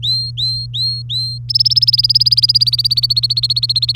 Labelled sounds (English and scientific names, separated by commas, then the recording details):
Domestic Canary (Serinus canaria) song
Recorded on 3 May 2018 at 14:01
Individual llb3